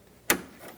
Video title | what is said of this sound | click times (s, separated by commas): How to Replace Window Channel Guide 1988-1999 GMC K1500 | make sure it clicks over | 0.3 s